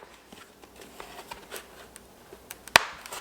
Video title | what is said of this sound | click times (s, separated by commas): How to Clean your Motorcycle Helmet - Back in the Garage | just make sure those snap into place and we are done with the liner | 2.8 s